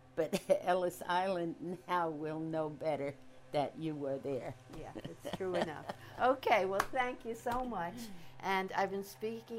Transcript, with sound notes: But Ellis Island now will know better that you were there (laughs)
Yeah, that's true enough. Well, thank you so much. And I've been speaking—